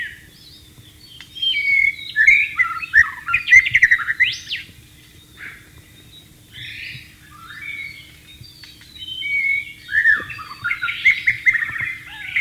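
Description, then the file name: White-rumped shama song: several varied phrases of slurred whistles and rapid trills separated by short pauses, with fainter notes between. Heard in the wild. "suara burung murai batu di alam liar"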